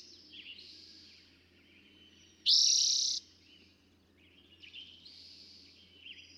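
Eastern towhee giving a single loud, buzzy trill of under a second, with quieter notes before and after.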